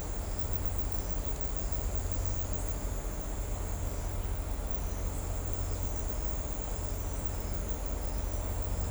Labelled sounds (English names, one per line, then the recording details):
none
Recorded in shrubland near Pivijay, Magdalena, Colombia, on 2 June 2023 at 18:00
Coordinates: 10.453, -74.365
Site P5-G022